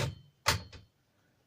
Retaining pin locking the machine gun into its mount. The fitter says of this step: onto the top handle so it's support it give it a good whack on the retaining pin locks